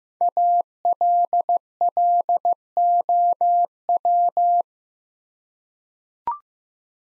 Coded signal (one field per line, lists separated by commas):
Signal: Morse code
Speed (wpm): 15 wpm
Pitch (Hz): 700 Hz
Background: none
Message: ALLOW